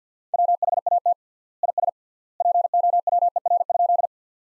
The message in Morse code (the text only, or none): WHAT IS POWER?